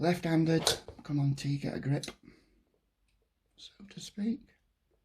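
Someone talks while getting a grip with engineering pliers on the second plastic rod end, ready to press it onto the ball stud of a Tamiya King Hauler RC truck's front steering link. Only speech and faint handling are heard. Nothing has seated or clicked yet.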